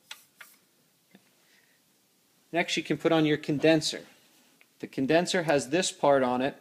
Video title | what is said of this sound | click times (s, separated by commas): Installing Zeiss Primovert | move it around until it clicks this should be all level | 0.1 s